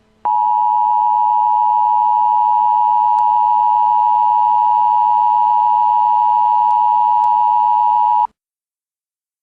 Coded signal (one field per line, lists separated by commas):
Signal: Emergency Alert System (SAME) tones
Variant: 853 and 960 Hz attention tone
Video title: Eas fake nuke warning